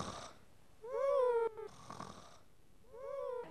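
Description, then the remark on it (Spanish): A king asleep on his throne gives two loud, drawn-out snores separated by a short pause, each with a droning, whistling tone that rises and then sags, with soft breathy noise in between. “De otro lado, el rey en su trono totalmente dormido y soltando fuertes ronquidos.”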